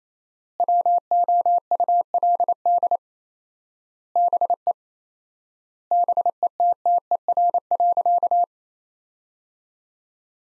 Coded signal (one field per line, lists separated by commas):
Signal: Morse code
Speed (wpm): 28 wpm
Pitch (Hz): 700 Hz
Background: none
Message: WOULD BE BETTER.